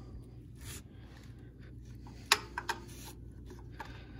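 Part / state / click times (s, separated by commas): socket extension into serpentine belt tensioner square hole / seated / 2.3 s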